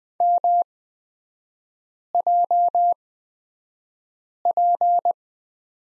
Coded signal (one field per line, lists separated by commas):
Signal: Morse code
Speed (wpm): 20 wpm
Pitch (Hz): 700 Hz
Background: none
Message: MJP